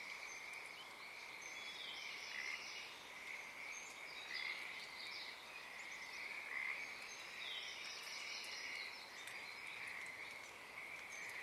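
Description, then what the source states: Pacific tree frogs in chorus, a dense band of overlapping trilled croaks. Chorus starting and stopping at Oaks Bottom Wildlife Refuge, Portland, Oregon, USA, on the morning of Friday April 7, 2023; uncommon at that time of day.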